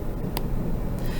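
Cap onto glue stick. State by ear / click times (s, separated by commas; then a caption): seated / 0.4 s. A plastic cap is snapped onto a glue stick a second time, giving a short, sharp click at 0.4 s over a steady low background hum. The click shows the cap is seated and the glue is sealed so it won't dry out.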